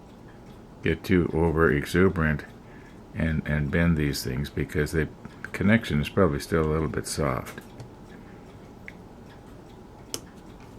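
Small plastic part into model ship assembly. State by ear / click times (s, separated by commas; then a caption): seated / 10.1 s. A small plastic part is pressed carefully into place on a model ship, with care taken not to bend the delicate pieces because the glued connection is still soft. Someone talks for the first part of the clip, then faint ticks follow before a sharp click at 10.1 s as the part seats into place.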